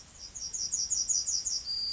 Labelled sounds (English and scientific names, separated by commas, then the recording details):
Yellowhammer (Emberiza citrinella) song
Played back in grassland
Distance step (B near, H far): D
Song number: 043